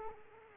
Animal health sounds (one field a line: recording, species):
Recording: mosquito wingbeat signal from an infrared sensor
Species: Culex quinquefasciatus